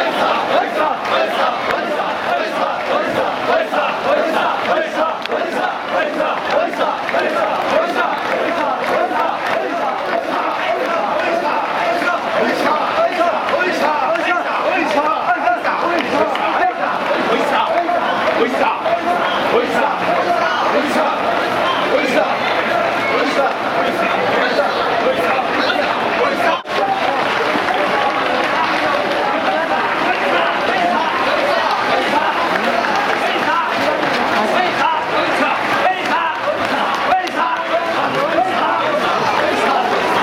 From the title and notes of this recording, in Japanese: 二番山笠 西流 追い山笠(東町筋)。